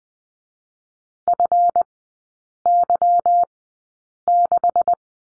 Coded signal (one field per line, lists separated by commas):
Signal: Morse code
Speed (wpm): 20 wpm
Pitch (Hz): 700 Hz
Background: none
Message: FY6